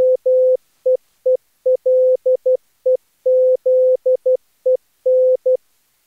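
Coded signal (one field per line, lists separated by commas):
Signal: multi-tone FSK (Olivia or MFSK type)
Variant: Contestia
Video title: Daily Minutes, January 26, 2016, with contestia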